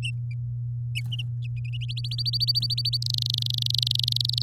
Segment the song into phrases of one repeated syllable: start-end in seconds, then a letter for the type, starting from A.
1.81-2.97 A, 3.02-4.42 B